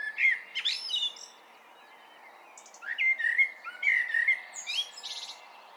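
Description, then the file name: Common blackbird delivers a short fluted phrase with a scratchy high ending, falls silent, then sings a longer rich warble topped by squeaky twitters. "Turdus merula"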